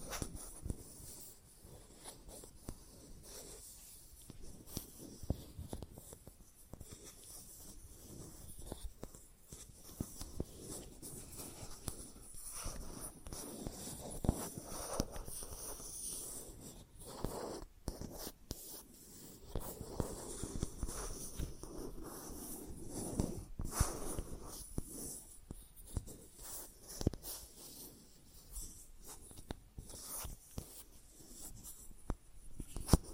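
Plastic objects tap and scratch in a continuous, busy stream of small clicks and rubbing strokes. The scraping is dense and uneven throughout, with sharper taps standing out now and then, especially around 17–18 seconds and near the end.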